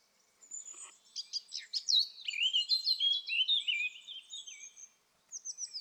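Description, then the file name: Eurasian blackcap song: a brisk scratchy warble that ends in loud, clear fluted whistles sliding downward, followed by a brief pause and fainter high notes. "Sylvia atricapilla"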